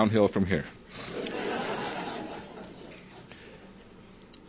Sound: chuckles